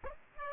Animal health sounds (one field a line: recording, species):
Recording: mosquito wingbeat signal from an infrared sensor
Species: Aedes aegypti